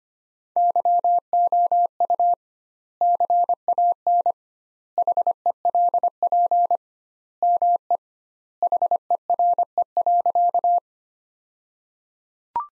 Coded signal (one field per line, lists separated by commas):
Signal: Morse code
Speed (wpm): 25 wpm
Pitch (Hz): 700 Hz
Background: none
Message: YOU CAN HELP ME HERE.